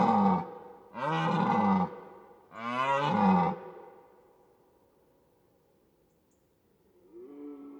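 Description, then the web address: Red deer roaring: three long, harsh, rasping bellows with rich harmonics, the last fading into quiet, then a fainter roar begins near the end. Red deer roaring in autumn, recorded in a European mountain forest. "Ivo Vicic - European mountain forest animals and soundscapes. Red deer autumn Roaring"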